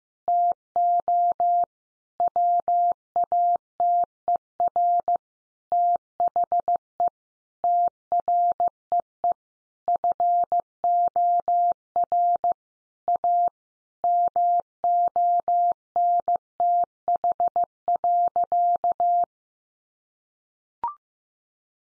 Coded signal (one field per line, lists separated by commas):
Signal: Morse code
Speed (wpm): 15 wpm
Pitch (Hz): 700 Hz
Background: none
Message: TO WATER THE TREE FOR A MONTH.